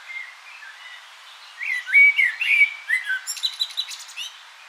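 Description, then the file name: Common blackbird song: quiet warbling rising into a loud, rich fluted phrase, followed by a series of high, squeaky, rapidly repeated twitters. "Turdus merula"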